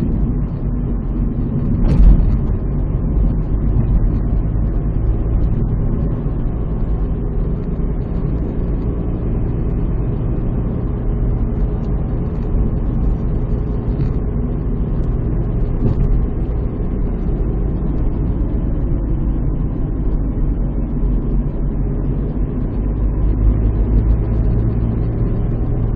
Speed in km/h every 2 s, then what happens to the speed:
48, 52, 54, 61, 64, 64, 63, 64, 63, 58, 50, 59, 64.
0-8 speeds up to 64. 8-16 steady at about 64. 16-21 slows to 50. 21-26 speeds up to 64.